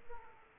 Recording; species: mosquito wingbeat signal from an infrared sensor; Aedes aegypti